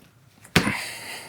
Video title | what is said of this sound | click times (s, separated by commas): How Long Do Wiper Blades Last? — Complete Replacement Guide for Toyota RAV4 - The Fixit Shed | Snap the cap closed. | 0.6 s